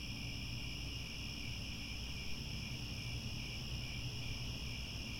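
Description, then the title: Cricket chorus of high trills stacked at different pitches, continuous and even, over a low rumble. Chorus of crickets at twilight, as the sun sets and stars appear. "Crickets Chirping at Twilight"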